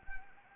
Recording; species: mosquito wingbeat signal from an infrared sensor; Anopheles arabiensis